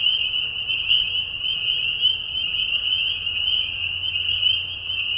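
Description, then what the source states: Spring peepers calling en masse, overlapping piercing peeps forming a continuous ringing wall of sound with slight swells in loudness. Many peepers calling in a marsh at night, mating call during a very short spring season; Tiny Marsh Conservation Area, Tiny, Ontario, Canada; high whistles at low volume.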